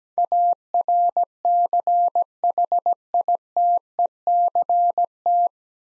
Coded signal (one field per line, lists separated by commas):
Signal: Morse code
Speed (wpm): 17 wpm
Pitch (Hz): 700 Hz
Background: none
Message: ARCHITECT